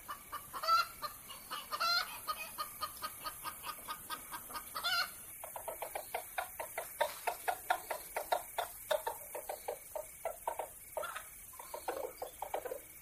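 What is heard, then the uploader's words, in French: Farm animals, mostly chickens, clucking in quick, dense bursts through the whole clip. A few louder, drawn-out calls stand out near the start, around the first and fifth seconds, and a steady high hiss runs underneath throughout. A la ferme avec ses animaux.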